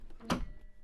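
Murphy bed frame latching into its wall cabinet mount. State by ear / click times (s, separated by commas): seated / 0.3 s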